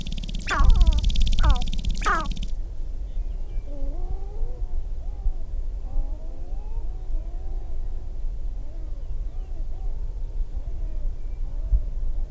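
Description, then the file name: Sharp-tailed grouse opening with three loud, harsh cackling bursts, then a stretch of faint, rapid chattering notes over low background rumble. Recorded on 22 April 2005. "2005-04-22 Sharp-tailed Grouse"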